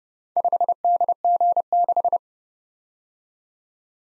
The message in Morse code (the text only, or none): 5DG6